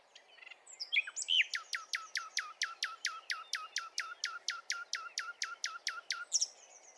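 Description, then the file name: Common nightingale giving a long, steady series of about twenty sharp, downslurred notes in rapid succession, after a few squeaky opening chirps; steady low hiss underneath. "Luscinia megarhynchos"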